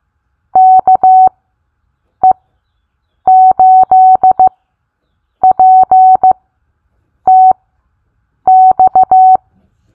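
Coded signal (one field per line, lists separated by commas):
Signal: Morse code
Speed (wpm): 15 wpm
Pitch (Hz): 750 Hz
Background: none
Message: KE8PTX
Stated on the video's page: Morse code callsign bingo game; callsigns sent at set speeds for copying practice.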